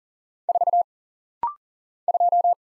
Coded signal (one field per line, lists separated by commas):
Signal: Morse code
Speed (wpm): 40 wpm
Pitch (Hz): 700 Hz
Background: none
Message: 4 2